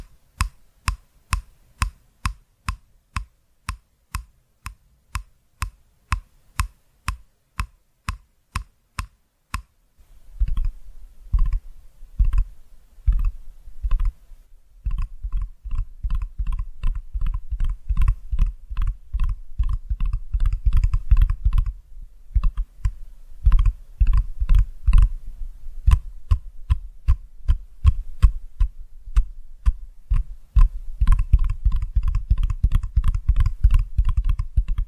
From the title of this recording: ASMR Tapping Through Your Brain